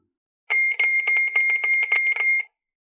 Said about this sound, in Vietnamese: Thanh âm chói tai đột nhiên từ chiếc đồng hồ nhìn có vẻ bình thường đeo trên cổ tay truyền ra.